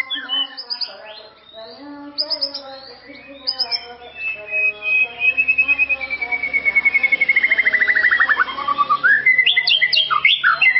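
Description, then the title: White-rumped shama song: varied whistles, then a long rapid trill of repeated notes sliding slowly downward, ending in bright chirps; low hum throughout. "murai batu"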